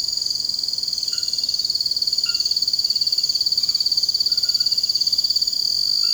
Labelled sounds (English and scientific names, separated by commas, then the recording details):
none
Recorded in secondary vegetation near Puerto Asís, Putumayo, Colombia, on 21 March 2025 at 03:00
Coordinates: 0.488, -76.319
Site G095